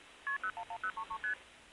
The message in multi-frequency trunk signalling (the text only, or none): KP011033ST